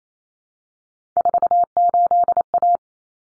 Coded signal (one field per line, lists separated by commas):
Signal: Morse code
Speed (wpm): 28 wpm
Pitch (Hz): 700 Hz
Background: none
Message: 48A